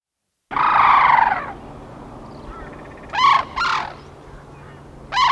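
Sarus crane trumpeting: one long, loud, rasping blast, then a short pause and three brief blaring notes, over faint background noise.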